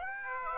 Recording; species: mosquito wingbeat signal from an infrared sensor; Aedes aegypti